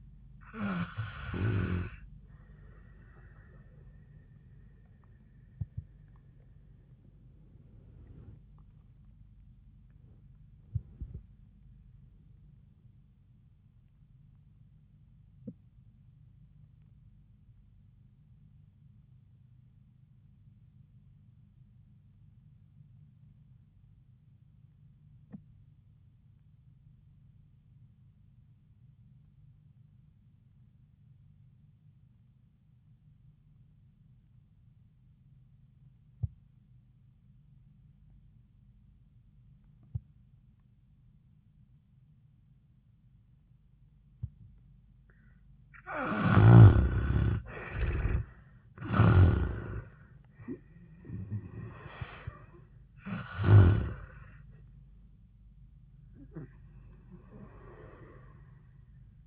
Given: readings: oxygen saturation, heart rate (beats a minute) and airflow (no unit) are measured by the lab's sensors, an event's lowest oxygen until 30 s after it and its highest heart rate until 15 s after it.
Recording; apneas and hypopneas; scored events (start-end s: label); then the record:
breathing in sleep by a smartphone at the bedside; 1
4.00-46.40 s: obstructive apnea (REM, oxygen 95% highest, then 64% lowest, heart rate 73 at the start, 88 highest)
From the record:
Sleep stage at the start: REM sleep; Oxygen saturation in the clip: 65 to 95%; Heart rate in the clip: 62 to 88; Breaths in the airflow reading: 3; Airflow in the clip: -20.8 to 13.0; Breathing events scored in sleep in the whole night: 400 in 8.7 hours asleep